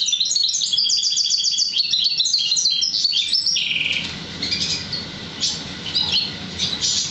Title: Kicau Kacer